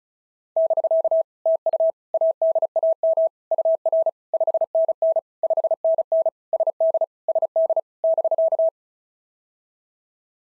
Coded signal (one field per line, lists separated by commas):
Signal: Morse code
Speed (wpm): 33 wpm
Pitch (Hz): 650 Hz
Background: none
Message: <BK> TU ADAM UR 5NN 5NN SD SD <BK>